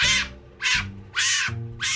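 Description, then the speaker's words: Fennec fox screaming: four harsh, high-pitched wailing bursts, with a low hum underneath. Desert fox recorded for film sound design; screamed and wailed at high pitches with an erratic, screamy, unhinged sound. "It just screamed and wailed and said everything it had to say at high pitches."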